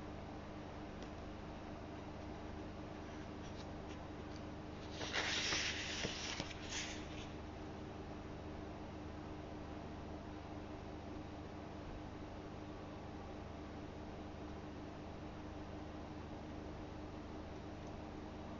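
Someone copies out a memorable passage from a book's introduction by hand. A steady low hum fills the whole clip, broken once, around five to seven seconds, by a short bright scratchy rustle before the quiet hum resumes.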